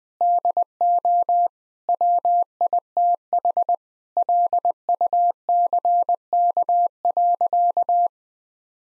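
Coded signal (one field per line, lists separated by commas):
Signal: Morse code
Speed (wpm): 20 wpm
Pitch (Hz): 700 Hz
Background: none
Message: DO WITH LUCK.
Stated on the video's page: Morse code practice at 20 wpm of sentences built from common seven-word phrases; each sentence is sent, spoken, then sent again.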